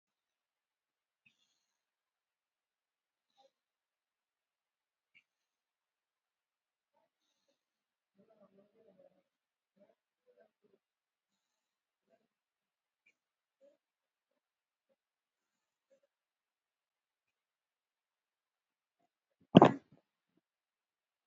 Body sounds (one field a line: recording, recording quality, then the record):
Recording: deep breathing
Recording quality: poor, much background noise or distortion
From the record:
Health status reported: COVID-19 positive, moderate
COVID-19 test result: positive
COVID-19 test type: RT-PCR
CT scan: not taken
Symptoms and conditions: cough, cold, muscle pain, hypertension, diabetes, ischaemic heart disease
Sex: male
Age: 57 years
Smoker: yes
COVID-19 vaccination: both doses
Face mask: worn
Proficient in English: yes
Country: India